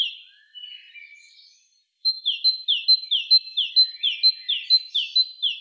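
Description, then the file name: Great tit giving soft, scratchy notes, then a brisk run of repeated two-part whistled phrases, each a high note followed by a lower slurred one, about two per second. "Parus major"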